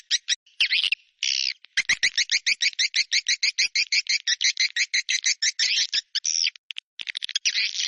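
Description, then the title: Swiftlet calls: a fast series of many short, buzzy chirps, mixed with a few harsher, longer bursts. "Suara Burung Wallet"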